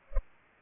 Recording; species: mosquito wingbeat signal from an infrared sensor; Culex pipiens